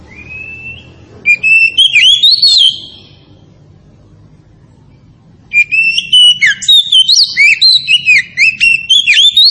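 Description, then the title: Oriental magpie-robin song: a thin whistle, a short rich phrase, a pause of about three seconds, then a long run of varied, jumpy whistled notes. Tretes variety of oriental magpie-robin, described as in full, active song (gacor). "Kacer Tretes Gacor"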